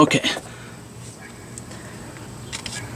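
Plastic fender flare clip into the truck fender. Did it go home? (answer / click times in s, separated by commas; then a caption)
yes / 2.7 s. A plastic retaining clip for a Lund SX310S Elite Series fender flare is pressed into the fender of a 2006 Ford F-150 truck. Someone talks at the start, then after a quiet stretch with a steady low hum, a sharp pop is heard at 2.7 seconds as the clip seats into place.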